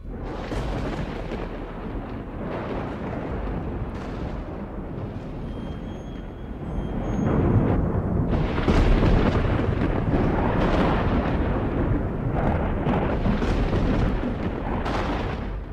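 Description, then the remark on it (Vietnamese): Deep, rolling thunder rumbles continuously, swelling louder midway with booming surges before easing slightly, a dense low roar filling the whole stretch without any voices. “Vừa lúc ngọn lửa bùng lên thì trên bầu trời nổi sấm ầm ầm như là thiên lôi động nộ.”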